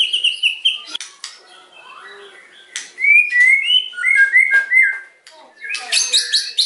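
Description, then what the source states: White-rumped shama, melodious song with whistled notes, a quieter pause, then a run of bright slurred whistles and a harsh chattering ending. Lure recording (pancingan) meant to provoke a response from other birds; the bird is described as singing actively (gacor).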